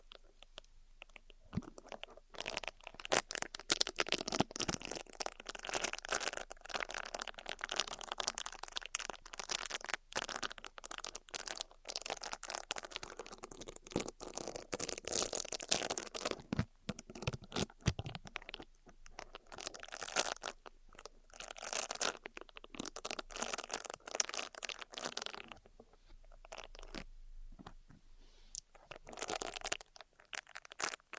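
Ear massage and cleaning sounds: dense, crackly rubbing and crunching that scrapes and rustles almost without pause for the whole half minute. The texture is bright and papery, swelling into thicker bursts around the middle, with a few brief quiet gaps and sharp clicks scattered throughout.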